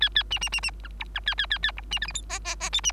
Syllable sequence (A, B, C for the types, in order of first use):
A A B B B B C D C A A A A D B E F G H H H I B